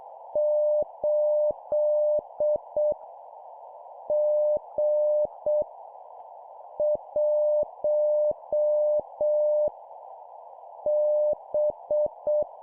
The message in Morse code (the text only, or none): 8 G 1 B